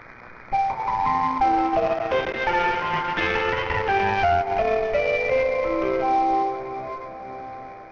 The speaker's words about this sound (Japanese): 森の宮駅の発車メロディーはアメリカ民謡の森の熊さん。駅名にある森にちなみ名付けられました。